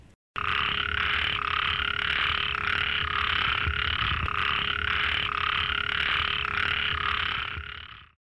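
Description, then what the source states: Ornamented pygmy frog calling: a continuous rasping, ratchet-like buzz made of fast pulses, running for about eight seconds, with a faint steady hum underneath. Very small frog, about 3 cm; call likened to winding a clockwork or tightening a mechanical switch; among frogs common in Taiwan.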